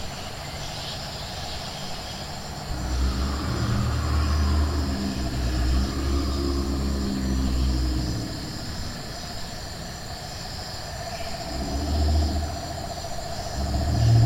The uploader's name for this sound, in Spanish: Animales Nocturnos